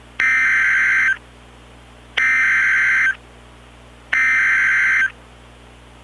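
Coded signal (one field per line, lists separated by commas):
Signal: Emergency Alert System (SAME) tones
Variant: header bursts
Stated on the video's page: Mock severe thunderstorm warning.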